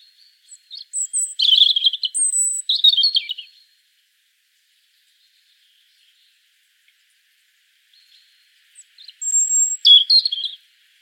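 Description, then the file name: European robin: a phrase of high whistles and tumbling warbles, several seconds of quiet, then a short second phrase with a high thin note. "Erithacus rubecula"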